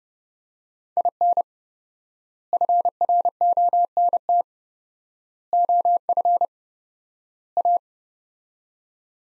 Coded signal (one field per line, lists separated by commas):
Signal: Morse code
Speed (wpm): 30 wpm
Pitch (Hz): 700 Hz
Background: none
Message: IN FRONT OF A